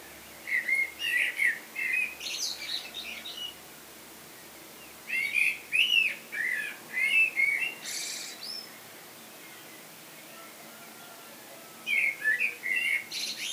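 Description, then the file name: Common blackbird singing three separate phrases, each a run of fluty, gurgling notes with a high, scratchy flourish, with quiet gaps between. "Turdus merula"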